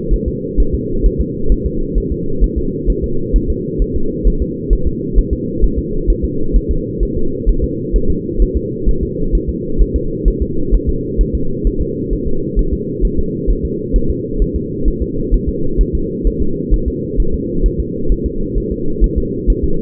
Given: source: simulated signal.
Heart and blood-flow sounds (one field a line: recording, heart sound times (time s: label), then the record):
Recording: fetal heart sounds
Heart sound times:
0.13 s: S1
0.28 s: S2
0.60 s: S1
0.75 s: S2
1.06 s: S1
1.21 s: S2
1.52 s: S1
1.66 s: S2
1.98 s: S1
2.12 s: S2
2.44 s: S1
2.58 s: S2
2.90 s: S1
3.04 s: S2
3.36 s: S1
3.50 s: S2
3.82 s: S1
3.96 s: S2
4.27 s: S1
4.42 s: S2
4.73 s: S1
4.87 s: S2
5.18 s: S1
5.33 s: S2
5.64 s: S1
5.78 s: S2
6.10 s: S1
6.25 s: S2
6.56 s: S1
6.71 s: S2
7.03 s: S1
7.17 s: S2
7.49 s: S1
7.64 s: S2
7.96 s: S1
8.10 s: S2
8.42 s: S1
8.57 s: S2
8.89 s: S1
9.03 s: S2
9.35 s: S1
9.49 s: S2
9.81 s: S1
9.96 s: S2
10.28 s: S1
10.42 s: S2
10.74 s: S1
10.89 s: S2
11.21 s: S1
11.35 s: S2
11.67 s: S1
11.81 s: S2
12.13 s: S1
12.27 s: S2
12.59 s: S1
12.73 s: S2
13.05 s: S1
13.19 s: S2
13.50 s: S1
13.65 s: S2
13.96 s: S1
14.10 s: S2
14.42 s: S1
14.56 s: S2
14.88 s: S1
15.02 s: S2
15.34 s: S1
15.49 s: S2
15.81 s: S1
15.95 s: S2
16.27 s: S1
16.42 s: S2
16.74 s: S1
16.88 s: S2
17.20 s: S1
17.34 s: S2
17.66 s: S1
17.80 s: S2
18.12 s: S1
18.26 s: S2
18.58 s: S1
18.72 s: S2
19.04 s: S1
19.18 s: S2
19.50 s: S1
19.64 s: S2
From the record:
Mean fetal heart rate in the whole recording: 130 bpm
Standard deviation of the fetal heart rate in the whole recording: 2 bpm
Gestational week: 36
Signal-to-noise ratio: -8.1 dB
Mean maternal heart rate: 72 bpm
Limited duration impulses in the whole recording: absent